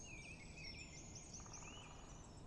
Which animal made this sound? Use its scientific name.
Dendrocopos major